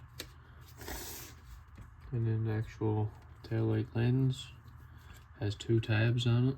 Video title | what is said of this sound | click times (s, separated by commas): Trx4m build part 1! Injora cherokee hardbody | push it up till it clicks | 0.2 s